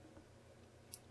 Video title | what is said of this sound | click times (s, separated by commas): Maytag Washing Machine Not Starting - Check The Door Safety Switch | push down on it and pull until it locks in place. | 0.9 s